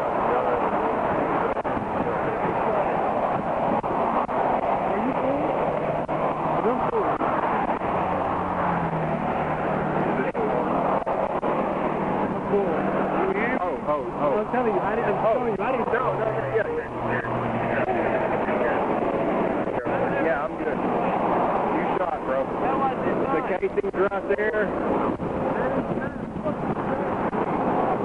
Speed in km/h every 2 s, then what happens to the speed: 0, 0, 0, 0, 0, 0, 0, 0, 0, 0, 0, 0, 0, 0.
0-28 standing.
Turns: none.